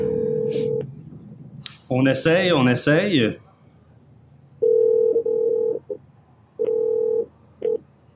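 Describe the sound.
A steady, low-pitched telephone tone hums, pauses while a person speaks briefly, then returns as a longer tone followed by shorter beeps, as a phone call is attempted and gets no answer.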